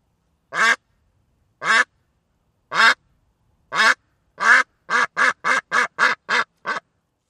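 Duck quacking: four spaced quacks, then a faster run of about eight short harsh quacks in quick succession, with no other sounds.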